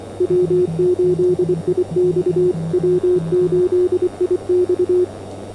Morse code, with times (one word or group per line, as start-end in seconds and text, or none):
0.2-2.5 W8IX
2.7-5.0 W8IX